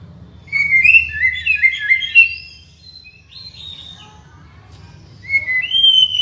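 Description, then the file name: White-rumped shama song of rich whistles and warbles, a drawn-out note midway, quiet gap, then new rising whistled phrases. From Borneo. "murai batu borneo"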